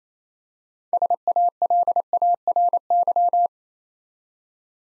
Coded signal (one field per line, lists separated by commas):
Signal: Morse code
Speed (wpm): 27 wpm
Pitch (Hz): 700 Hz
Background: none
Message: SALARY